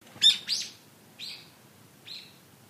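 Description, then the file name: Brown-eared bulbul calls, two loud harsh squealing notes followed by two shorter, softer squeals. "hiyo"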